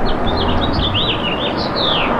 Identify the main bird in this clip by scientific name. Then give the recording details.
Haemorhous mexicanus. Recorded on Long Island, New York, on 24 June 2012. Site SO. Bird A